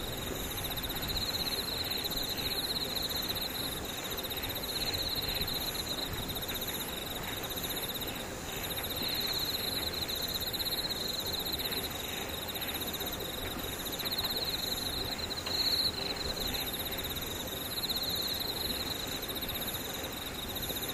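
Insects trill steadily and densely in high, bright bands throughout, with a faint low rumble underneath and a brief sharp chirp near fifteen seconds.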